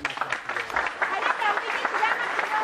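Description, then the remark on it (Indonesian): A group of wedding guests applauds as the host's advice to the bridal couple is introduced, a dense, steady patter of many hands clapping that continues at an even level throughout, with faint murmuring voices mixed in underneath. “Kami mohon tepuk tangannya.”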